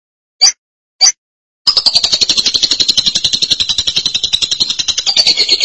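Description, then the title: Lovebird calls: two short chirps, then an unbroken, fast, high-pitched chattering trill lasting several seconds. "BM Suara Burung Lovebird"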